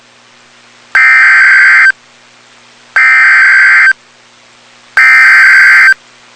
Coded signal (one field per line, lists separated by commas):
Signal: Emergency Alert System (SAME) tones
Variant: header bursts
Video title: Severe T'Storm Warning (EAS #357)